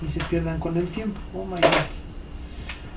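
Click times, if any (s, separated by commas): 2.7 s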